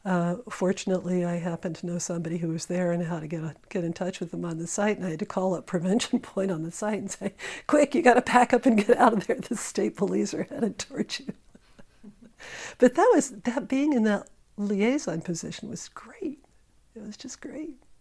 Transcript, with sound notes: And, fortunately, I happened to know somebody who was there and how to get in touch with them on the site, and I had to call up Prevention Point on the site and say, "Quick, you've gotta pack up and get out of there, the state police are headed towards you!" [laughter] But that was, being in that liaison position was great. It was just great.